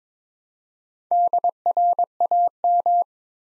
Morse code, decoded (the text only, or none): DRAM